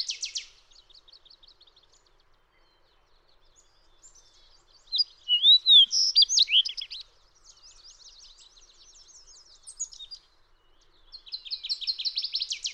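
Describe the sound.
Fox sparrow song: soft rapid buzzy series, a loud varied phrase of rich slurred whistles, then softer chattering notes and another quick high buzzy series near the end.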